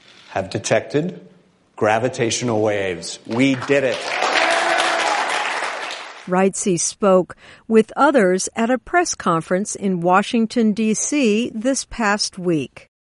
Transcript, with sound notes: have detected gravitational waves. We did it! (applause)” Reitze spoke with others at a press conference in Washington, DC this past week.